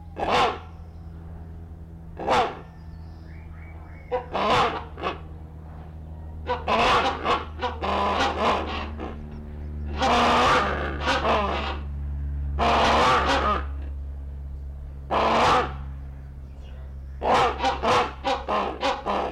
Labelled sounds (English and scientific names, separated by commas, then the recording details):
Rhinoceros Hornbill (Buceros rhinoceros)
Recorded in captivity
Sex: pair
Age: adult
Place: Zoo Berlin, Berlin, DE
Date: 1994-07-16 11:42
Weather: sonnig, 22-26°C
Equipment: Marantz CP 430, Sennheiser ME 80, Kopie Uher Variocord 263
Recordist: Tembrock, Günter